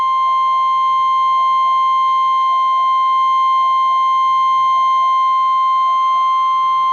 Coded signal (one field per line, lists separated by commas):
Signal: Emergency Alert System (SAME) tones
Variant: 1050 Hz attention tone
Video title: Real NOAA Weather Radio EAS Alert #219